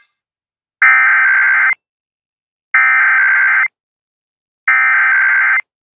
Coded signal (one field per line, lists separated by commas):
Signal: Emergency Alert System (SAME) tones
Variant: header bursts